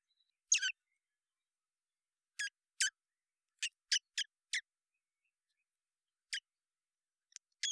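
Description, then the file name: Common blackbird calls, a series of sharp, dry clicking notes at irregular intervals, some in quick pairs, separated by silence. "Turdus merula"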